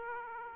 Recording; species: mosquito wingbeat signal from an infrared sensor; Aedes aegypti